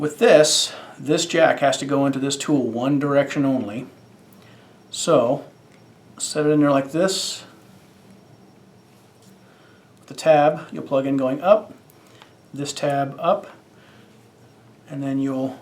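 A Panduit TracJack network keystone jack is set into its termination tool, which it fits in one direction only, with the tab up, before the tool is pressed. Someone talks throughout, with a faint brief handling sound at 4.3 s in a pause. Nothing has seated or clicked yet.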